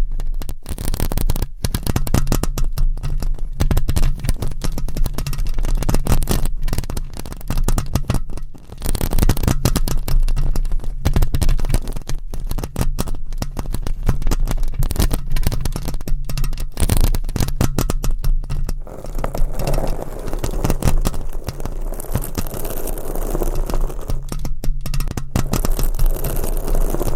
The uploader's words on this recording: ASMR Mic Scratching - Brain Scratching with 15 MICS No Talking for Sleep with Long Nails.